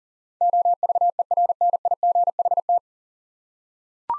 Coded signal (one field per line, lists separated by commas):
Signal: Morse code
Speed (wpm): 40 wpm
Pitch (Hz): 700 Hz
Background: none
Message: OVERNIGHT